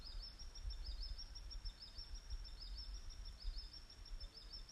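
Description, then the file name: Bird calling: a steady series of short, high, slightly rising notes over a constant low rumble. "fugl"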